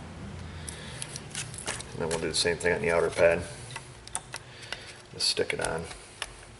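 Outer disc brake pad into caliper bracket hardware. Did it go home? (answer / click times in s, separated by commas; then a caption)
yes / 6.2 s. An outer disc brake pad is pushed onto the caliper bracket of a Chevy/GMC front brake during a wheel bearing and hub job, while someone talks and small handling taps are heard. At 6.2 s a sharp click marks the pad snapping past the retaining tabs of the metal pad hardware, seating it so the hardware keeps the pads from falling off.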